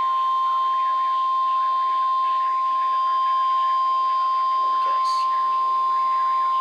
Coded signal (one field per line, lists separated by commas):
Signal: Emergency Alert System (SAME) tones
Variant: 1050 Hz attention tone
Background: speech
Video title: YYWA: Episode 10 - EAS Alerts #208-#212 from 09/13/2022